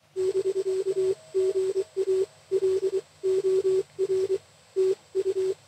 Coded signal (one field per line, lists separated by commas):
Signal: Morse code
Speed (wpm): 25 wpm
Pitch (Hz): 380 Hz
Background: none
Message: <BK> GA LOR TU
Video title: SOTA Activation with Lorene’s newly-built Rockmite transceiver